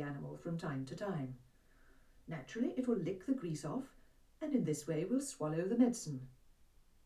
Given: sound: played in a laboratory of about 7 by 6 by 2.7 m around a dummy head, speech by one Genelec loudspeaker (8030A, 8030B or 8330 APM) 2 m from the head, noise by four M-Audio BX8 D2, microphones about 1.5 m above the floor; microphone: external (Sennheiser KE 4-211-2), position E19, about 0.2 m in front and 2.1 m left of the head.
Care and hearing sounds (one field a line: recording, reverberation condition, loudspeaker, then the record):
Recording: female speech in English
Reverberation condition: low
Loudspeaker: 60 degrees to the right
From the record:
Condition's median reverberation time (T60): about 310 ms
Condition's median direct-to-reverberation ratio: about 3.5 dB